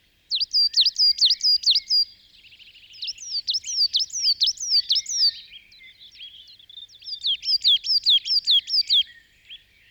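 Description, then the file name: Coal tit song in three bursts of rapid, high, ringing two-note phrases, each burst of several repetitions separated by short pauses. "kosmos 93 tannenmeise"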